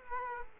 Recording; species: mosquito wingbeat signal from an infrared sensor; Culex quinquefasciatus